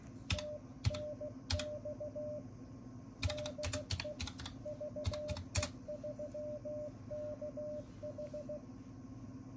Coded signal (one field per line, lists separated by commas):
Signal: Morse code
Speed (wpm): 16 wpm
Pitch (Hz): 600 Hz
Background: none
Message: TNX DE VE3KH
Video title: 1st 78GHz Rain Scatter QSO - VA3ELE FN03FN - VE3KH FN03CG